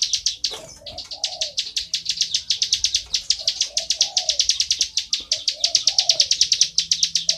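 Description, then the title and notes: Bar-winged prinia giving a fast series of many high, sharp chip notes, with soft low cooing phrases repeating underneath. Continuous calling style known as ngebren, recorded as tutor audio for oriental magpie-robins to copy. "Ciblek Ngebren Untuk Masteran Murai Batu. Suara burung ciblek"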